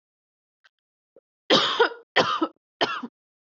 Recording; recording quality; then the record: heavy voluntary cough; excellent, no background noise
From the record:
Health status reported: healthy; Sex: female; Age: 26 years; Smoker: yes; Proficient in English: yes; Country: India